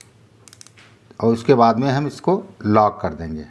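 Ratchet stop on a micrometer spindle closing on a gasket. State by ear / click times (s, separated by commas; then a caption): torque reached / 0.0 s, 0.5 s, 0.6 s, 0.7 s. A micrometer's ratchet thimble is turned to close the spindle onto a gasket, and the ratchet stop gives short sharp clicks at 0.0, 0.5, 0.5, 0.6 and 0.7 seconds, showing it has reached measuring force and is tight enough. Someone then talks.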